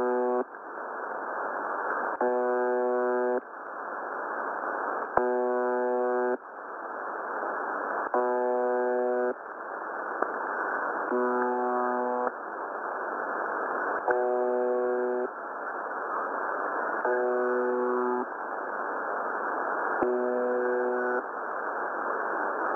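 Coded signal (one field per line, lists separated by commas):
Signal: channel marker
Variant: UVB-76 (The Buzzer)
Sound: harsh low buzz, about one second long, repeating every three seconds, seven times, over hiss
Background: radio static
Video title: 6998 Khz USB Russian Buzzer,using WebSDR UVB-76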